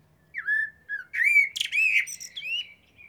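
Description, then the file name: Eurasian blackbird song: a low fluted warble breaking into a squeaky, high twittering flourish. "Turdus merula"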